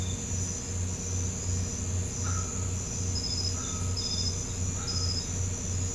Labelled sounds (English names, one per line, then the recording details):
none
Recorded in pastures near Puerto Asís, Putumayo, Colombia, on 21 December 2024 at 02:00
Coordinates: 0.505, -76.324
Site G063